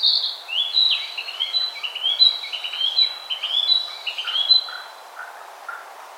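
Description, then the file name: Narcissus flycatcher singing a long, warbled run of whistled, slurred notes for about five seconds, ending with a few softer, lower notes. "Ficedula narcissina"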